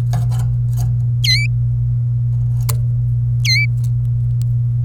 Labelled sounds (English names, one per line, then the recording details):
Domestic Canary song
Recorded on 26 April 2018 at 16:37
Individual llb3